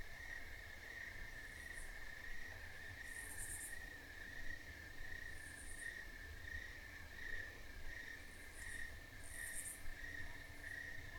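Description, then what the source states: Crickets in an unbroken steady trill, with raspy high buzzing bursts recurring over a low rumbling background. Crickets in a country field at night, with a nearby raspy cicada.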